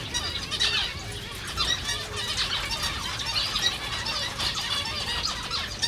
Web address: allathangok jaszberenyizoo 2015 professzionalis zebrapinty zebrapinty rizspinty